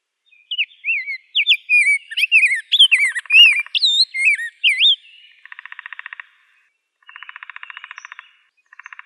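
Rose-breasted grosbeak song: a long, sweet warble of looping whistled notes, followed by a separate sound of short, evenly pulsed buzzy rattles.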